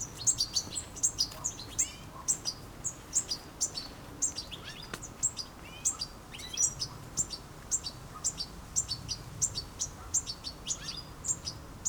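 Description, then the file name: European goldfinch calls, quick high tinkling chirps and short trills in a steady, lively series. "Carduelis carduelis"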